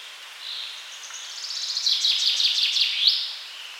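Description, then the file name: Common chaffinch song: a bright series of repeated notes ending in a sharp upward flourish. "Fringilla coelebs"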